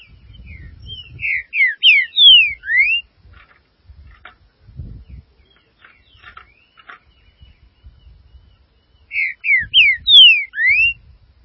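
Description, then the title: Green-winged saltator singing two loud phrases of rich, slurred whistled notes, eight seconds apart, over a low rumble and scattered soft chips. "Trinca Ferro"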